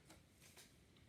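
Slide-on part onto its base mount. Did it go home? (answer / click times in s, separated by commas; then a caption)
no / none. A slide-on part is pushed in at both sides and slid down onto its base mount, making soft rubbing and shuffling handling noises with a small tap around 0.1 s. The clip ends before the part goes home, so nothing has seated or clicked yet.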